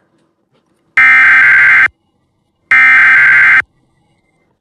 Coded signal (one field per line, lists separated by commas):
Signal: Emergency Alert System (SAME) tones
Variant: header bursts